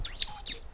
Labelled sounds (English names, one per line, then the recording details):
Stitchbird song
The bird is a male
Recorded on Tiritiri Matangi Island, New Zealand, in 2005
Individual 8, of nest box 10